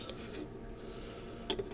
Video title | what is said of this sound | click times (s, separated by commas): Bad Raspberry Pi 4: LED Flashes 8 Times | i put it in the i o shield it clicks into place | 1.5 s